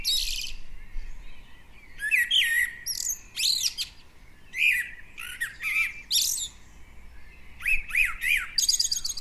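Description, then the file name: Common blackbird producing harsh, squawking notes mixed with brief squeaks, in irregular bursts. "Turdus merula"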